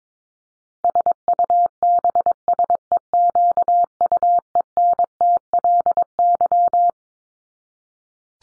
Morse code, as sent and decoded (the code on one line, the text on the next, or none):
... ..- -... ... . --.- ..- . -. - .-.. -.--
SUBSEQUENTLY